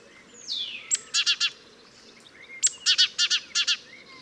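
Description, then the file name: Great tit calling twice, each time a sharp high note then a string of buzzy chattering notes; a thin falling whistle comes first. "Parus major"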